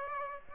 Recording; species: mosquito wingbeat signal from an infrared sensor; Aedes aegypti